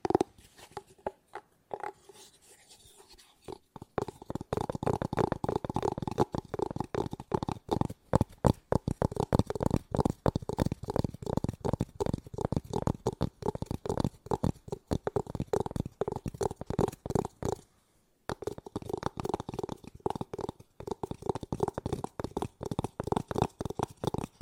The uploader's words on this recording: ASMR Tapping No Talking Fast & Soothing for Sleep 5 Objects.